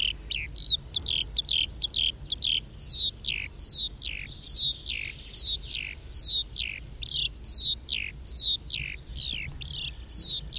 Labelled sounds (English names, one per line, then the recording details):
Eurasian Skylark flight song
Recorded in the wild
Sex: male
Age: adult
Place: Röttenbach, Bayern, DE
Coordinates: 49.665, 10.9544
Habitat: edge of the woods, wet meadow
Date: 1964-06-27
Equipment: Original, Vollspur, Parabolspiegel Grampian
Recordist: Tretzel, Erwin